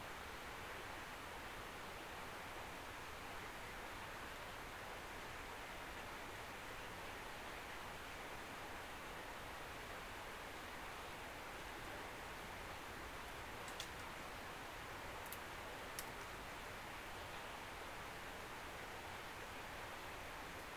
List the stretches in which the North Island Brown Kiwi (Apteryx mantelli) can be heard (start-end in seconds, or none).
none